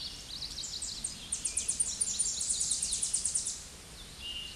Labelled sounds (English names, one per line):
Tennessee Warbler song